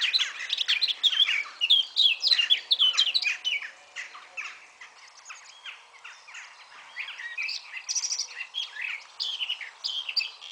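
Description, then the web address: Eurasian blackcap song: a long, varied warble of quick chirps. It is loud and busy at first, softer in the middle, then bright high notes return near the end. "SETE data Sylvia atricapilla"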